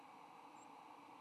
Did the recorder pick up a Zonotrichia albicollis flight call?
no